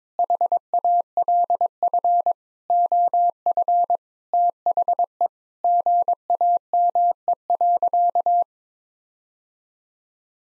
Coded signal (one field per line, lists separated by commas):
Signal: Morse code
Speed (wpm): 22 wpm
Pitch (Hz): 700 Hz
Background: none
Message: HALF OF THE GAME.